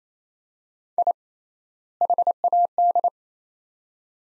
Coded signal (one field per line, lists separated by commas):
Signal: Morse code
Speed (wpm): 28 wpm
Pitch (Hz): 700 Hz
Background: none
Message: I HAD